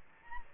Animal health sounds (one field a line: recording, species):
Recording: mosquito wingbeat signal from an infrared sensor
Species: Anopheles gambiae